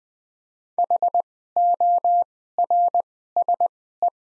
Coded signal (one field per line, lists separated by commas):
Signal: Morse code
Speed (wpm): 20 wpm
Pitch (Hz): 700 Hz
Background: none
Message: HORSE